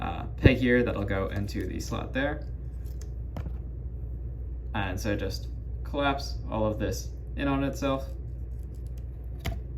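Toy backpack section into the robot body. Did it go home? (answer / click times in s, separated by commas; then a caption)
yes / 9.5 s. Someone talks while collapsing the backpack section of a plastic Newage H44EX YMIR (G1 Grimlock) transforming robot toy in on itself, fitting a peg into a slot and pressing the parts into the robot body. A few faint plastic ticks are heard, then a sharp snap at 9.5 s as the backpack section seats in place.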